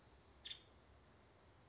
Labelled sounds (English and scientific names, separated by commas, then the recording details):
Nuttall's Woodpecker (Dryobates nuttallii)
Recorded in Sonoma County, California